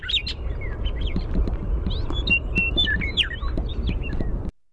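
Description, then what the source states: Western meadowlark song: loud, clear whistled notes that swoop and slur in quick, gurgling phrases over a steady low rumble. Primary song.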